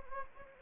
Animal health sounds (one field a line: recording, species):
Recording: mosquito wingbeat signal from an infrared sensor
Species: Anopheles gambiae